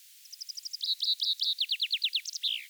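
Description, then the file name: Common chaffinch song: a series of thin, high, evenly spaced notes, then a descending trill of strong repeated notes, ending with a sharp flourish, all within three seconds. Recorded at Hockai on 10 June 1980. "Fringilla coelebs Hockai 10 juin 1980"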